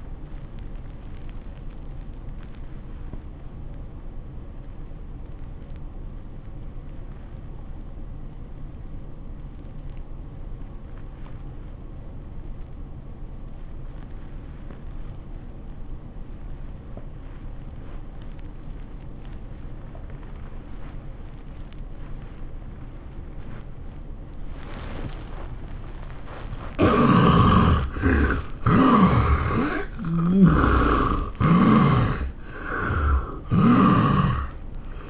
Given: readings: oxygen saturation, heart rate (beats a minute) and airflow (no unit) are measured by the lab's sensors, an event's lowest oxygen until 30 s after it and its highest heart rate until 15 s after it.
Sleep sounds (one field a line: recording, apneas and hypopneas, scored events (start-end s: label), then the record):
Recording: a person awake in a sleep study, by a smartphone at the bedside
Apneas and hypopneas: 1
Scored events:
3.00-26.90 s: obstructive apnea (scored as awake, oxygen 95% highest, then 69% lowest, heart rate 88 at the start, 102 highest)
3.00-29.00 s: awake
29.00-35.09 s: new sleep stage, N1 (lightest sleep)
From the record:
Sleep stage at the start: awake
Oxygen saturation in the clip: 72 to 95%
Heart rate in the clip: 72 to 101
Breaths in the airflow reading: 5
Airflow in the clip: -20.0 to 12.7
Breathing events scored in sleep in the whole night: 403 in 5.5 hours asleep